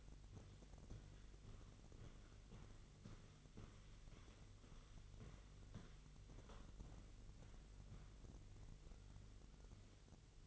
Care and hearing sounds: daily activity, microphone in the room; walk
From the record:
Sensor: 4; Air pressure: 1002.4 hPa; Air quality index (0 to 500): 215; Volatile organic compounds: 11 ppm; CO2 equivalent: 2322 ppm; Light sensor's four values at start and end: 20/70/26/26 and 20/70/26/26

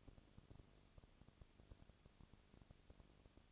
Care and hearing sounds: daily activity, microphone in the room; no activity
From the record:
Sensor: 4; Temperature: 22.3 degrees Celsius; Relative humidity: 32.8%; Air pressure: 1002.0 hPa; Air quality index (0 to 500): 185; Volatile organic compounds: 4 ppm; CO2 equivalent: 1631 ppm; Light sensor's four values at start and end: 2/3/1/1 and 2/3/1/1

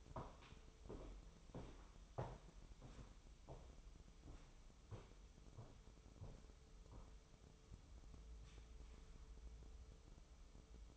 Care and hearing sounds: daily activity, microphone in the room; walk to room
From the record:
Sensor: 1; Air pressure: 988.1 hPa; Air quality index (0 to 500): 174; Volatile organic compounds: 360 ppm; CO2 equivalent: 4602 ppm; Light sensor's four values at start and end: 27/98/37/38 and 27/99/37/39

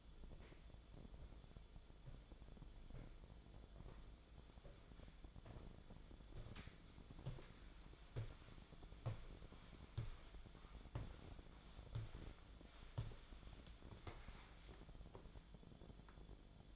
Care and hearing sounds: daily activity, microphone in the room; walk to room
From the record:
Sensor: 5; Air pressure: 1010.1 hPa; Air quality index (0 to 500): 144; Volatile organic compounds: 3 ppm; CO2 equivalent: 1407 ppm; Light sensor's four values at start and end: 274/684/287/313 and 280/676/290/322

